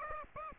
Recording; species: mosquito wingbeat signal from an infrared sensor; Aedes aegypti